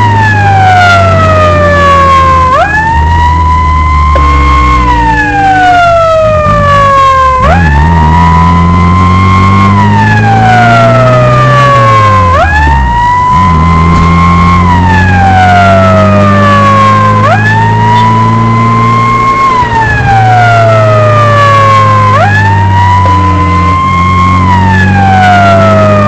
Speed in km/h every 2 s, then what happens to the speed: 49, 43, 28, 26, 33, 44, 43, 51, 57, 63, 58, 47, 52.
0-6 brakes to 26. 6-17 speeds up to 63. 19-22 brakes to 47.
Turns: none.